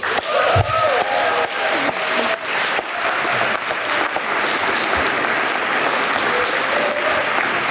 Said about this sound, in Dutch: En dat applaus kan moeiteloos doorgaan